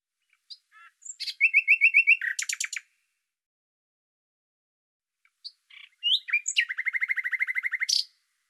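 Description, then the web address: Bird song in two phrases separated by a pause, each opening with thin sharp notes and ending in a rapid, buzzy, evenly repeated trill; otherwise silent. "Deverinetal 2025"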